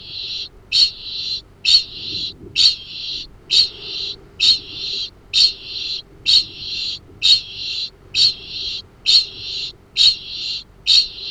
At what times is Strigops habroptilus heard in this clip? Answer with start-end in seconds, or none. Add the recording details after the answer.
0.00-11.31. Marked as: faintness 1/5. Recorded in New Zealand. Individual Arab